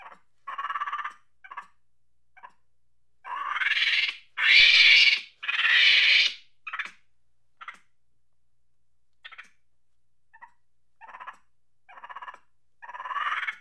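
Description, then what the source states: Monkey chatter: scattered short harsh chirps build into three loud grating bursts, then trail off into brief clipped calls and a final rising rasp. Angry chattering.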